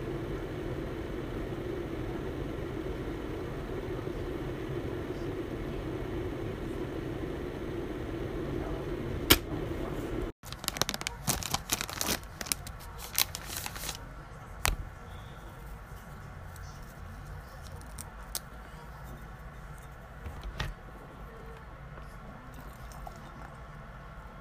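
Tea is made with sugar stirred in. A steady low hum fills the first ten seconds, then stops abruptly; quick clicks and light clinks follow in a dense burst up to about fifteen seconds, with a few isolated taps later.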